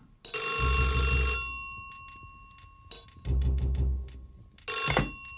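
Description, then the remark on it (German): A telephone bell rings in loud, metallic trilling bursts, a call from the police commissioner: two long rings separated by a pause with faint tinkling, then a third ring cut short. No one speaks. “Der Kommissar klingelt ein paar Mal am Tage an.”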